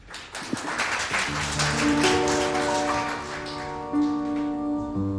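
Instrumental opening of a song: a brief, busy flourish gives way to sustained, harmonised tones holding steady chords at an even, moderate loudness, with no voice yet.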